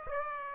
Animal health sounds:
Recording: mosquito wingbeat signal from an infrared sensor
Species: Aedes aegypti

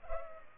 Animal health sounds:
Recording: mosquito wingbeat signal from an infrared sensor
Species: Culex pipiens

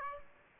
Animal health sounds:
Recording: mosquito wingbeat signal from an infrared sensor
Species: Aedes aegypti

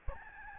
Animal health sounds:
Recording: mosquito wingbeat signal from an infrared sensor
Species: Aedes albopictus

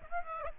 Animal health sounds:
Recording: mosquito wingbeat signal from an infrared sensor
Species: Aedes aegypti

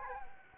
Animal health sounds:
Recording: mosquito wingbeat signal from an infrared sensor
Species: Anopheles gambiae

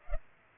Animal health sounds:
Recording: mosquito wingbeat signal from an infrared sensor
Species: Culex pipiens

